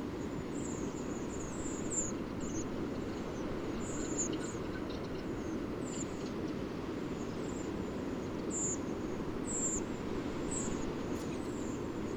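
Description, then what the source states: Redwing calls, many thin high seeps, some drawn out and falling, scattered throughout against a constant deep rumbling background. Mass exodus of migrant redwings at dusk.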